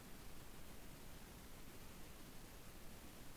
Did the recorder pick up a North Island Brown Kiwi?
no